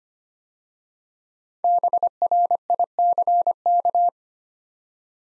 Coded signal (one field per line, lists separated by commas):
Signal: Morse code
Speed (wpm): 25 wpm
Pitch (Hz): 700 Hz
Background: none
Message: BRICK